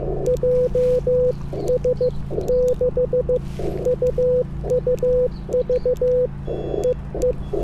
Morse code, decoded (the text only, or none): JS6UUV EE